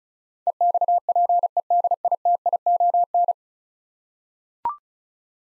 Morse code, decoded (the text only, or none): EXPEDITION